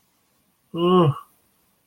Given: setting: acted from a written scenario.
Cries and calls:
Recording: vocal sound without words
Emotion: neutral

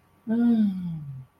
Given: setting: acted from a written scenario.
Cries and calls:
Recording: vocal sound without words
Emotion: contentment

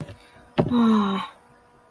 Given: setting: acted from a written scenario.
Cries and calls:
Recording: vocal sound without words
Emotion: disappointment

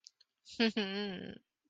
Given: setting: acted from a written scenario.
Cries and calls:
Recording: vocal sound without words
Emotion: romantic love

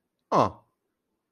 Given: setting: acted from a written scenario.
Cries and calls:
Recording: vocal sound without words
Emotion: realization

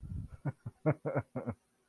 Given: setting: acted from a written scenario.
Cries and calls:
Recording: vocal sound without words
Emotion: amusement

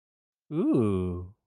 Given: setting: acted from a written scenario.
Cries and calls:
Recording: vocal sound without words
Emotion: interest

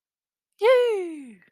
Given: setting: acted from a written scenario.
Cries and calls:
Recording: vocal sound without words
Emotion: triumph

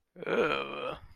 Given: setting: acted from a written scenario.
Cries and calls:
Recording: vocal sound without words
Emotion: fear

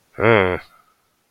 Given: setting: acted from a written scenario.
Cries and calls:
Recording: vocal sound without words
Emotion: confusion

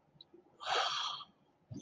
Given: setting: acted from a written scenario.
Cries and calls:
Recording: vocal sound without words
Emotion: contempt

